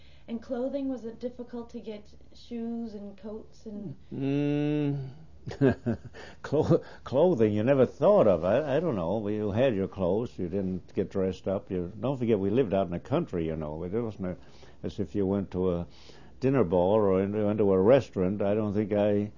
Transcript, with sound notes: And clothing, was it difficult to get shoes and coats and--, (he laughs)
clothing you never thought of, I don't know, you had your clothes, you didn't get dressed up, don't forget we lived out in the country, you know, it wasn't as if you went to a dinner ball or into a restaurant, I don't think I,